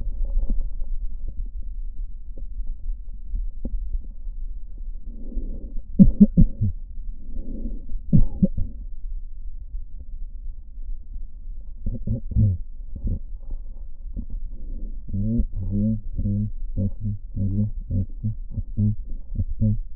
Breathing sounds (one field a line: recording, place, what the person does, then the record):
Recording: lung sounds by stethoscope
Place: left posterior apical chest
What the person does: quiet breathing, then cough and speech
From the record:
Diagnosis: none (healthy)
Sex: male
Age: 29 years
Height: 180 cm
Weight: 100 kg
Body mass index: 30.9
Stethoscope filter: diaphragm mode